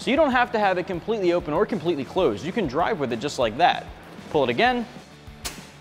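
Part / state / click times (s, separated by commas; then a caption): retractable bed cover locking at a detent in its canister track / seated / 5.5 s. Someone talks while pulling the retractable aluminum Pace Edwards JackRabbit tonneau cover on a 2019 RAM 1500 farther out of its canister track. A sharp click is heard at 5.5 s as the detent lock engages, and the cover locks at an intermediate position.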